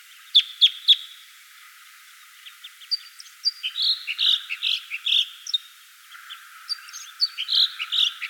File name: Red Crossbill - Loxia curvirostra type 2